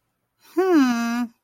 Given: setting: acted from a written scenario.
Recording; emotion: vocal sound without words; confusion